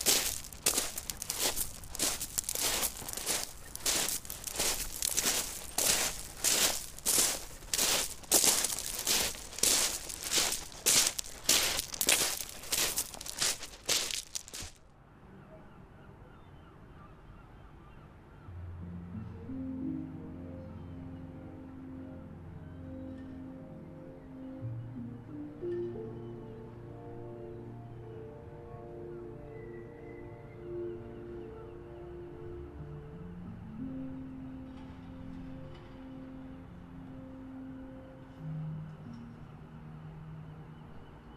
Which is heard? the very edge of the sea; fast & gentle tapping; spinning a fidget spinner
the very edge of the sea